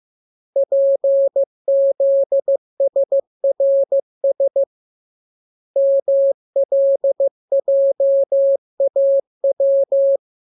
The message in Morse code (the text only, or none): PZSRS MLJAW